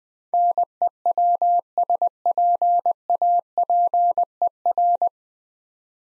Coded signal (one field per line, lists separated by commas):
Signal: Morse code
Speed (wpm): 20 wpm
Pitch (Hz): 700 Hz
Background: none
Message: NEWSPAPER